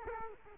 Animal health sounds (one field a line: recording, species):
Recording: mosquito wingbeat signal from an infrared sensor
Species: Culex quinquefasciatus